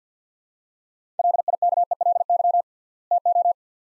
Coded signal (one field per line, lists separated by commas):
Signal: Morse code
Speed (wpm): 50 wpm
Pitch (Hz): 700 Hz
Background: none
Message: LIKELY TO